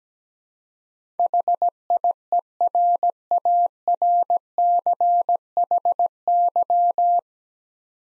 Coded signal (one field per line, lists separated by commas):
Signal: Morse code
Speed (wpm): 17 wpm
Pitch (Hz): 700 Hz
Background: none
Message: HIERARCHY